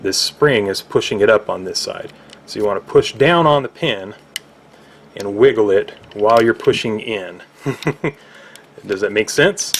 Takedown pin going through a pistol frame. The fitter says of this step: then you'll hear that little click that little click was that spring